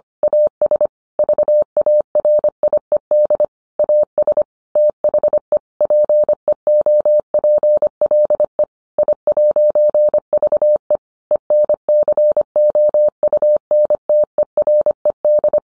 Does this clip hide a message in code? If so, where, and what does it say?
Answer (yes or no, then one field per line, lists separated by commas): yes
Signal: Morse code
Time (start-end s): 0.2-15.6 s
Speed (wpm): 25 wpm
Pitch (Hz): 600 Hz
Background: none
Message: AS VARIED AS THE PEOPLE I'VE ENCOUNTERED